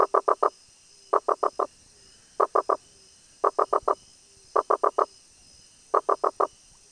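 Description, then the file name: Rosenberg's gladiator frog producing bursts of three or four sharp knocking pulses, bursts roughly every 1.2 seconds, with soft quieter notes between and a steady high hum. "Boana rosenbergi"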